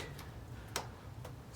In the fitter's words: small torque little click